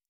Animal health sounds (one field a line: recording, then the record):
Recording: hydrophone in a shrimp aquaculture tank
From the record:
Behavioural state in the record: normal